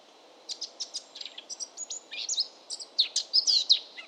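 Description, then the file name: Eurasian blackcap giving a brisk song: soft chips speeding into a jumble of high notes, ending in louder clear whistles. "baratposzata hangja"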